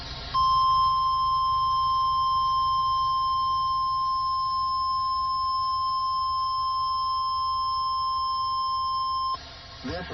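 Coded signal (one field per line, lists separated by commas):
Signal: Emergency Alert System (SAME) tones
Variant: 1050 Hz attention tone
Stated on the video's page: Required Weekly Tests from NOAA weather radio stations in Eatonton, Georgia and Birmingham, Alabama.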